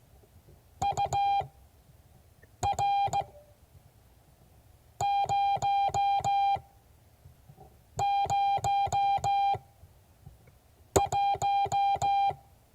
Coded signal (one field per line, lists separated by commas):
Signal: Morse code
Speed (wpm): 16 wpm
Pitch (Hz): 800 Hz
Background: none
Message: UR 001